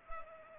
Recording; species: mosquito wingbeat signal from an infrared sensor; Culex pipiens